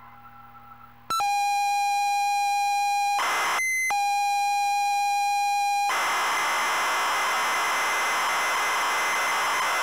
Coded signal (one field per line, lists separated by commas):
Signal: ZX Spectrum tape loading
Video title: Double Dragon - Zx Spectrum +2 (Full Cassette Tape Loading & Gameplay)